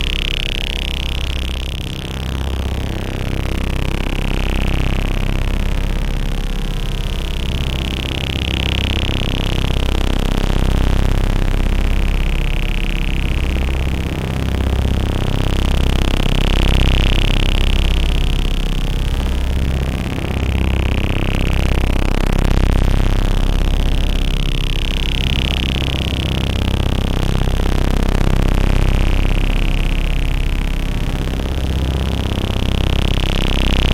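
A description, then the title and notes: Layered electronic tones hold steady over a deep, humming low end, with a droning, engine-like quality. A bright high tone swells and fades about every four seconds, while the middle tones glide up and down in a repeating pattern. Loudness stays constant throughout. Tones generated by Analogue Solutions Red Square, Macbeth M3X and Akai MFC 42.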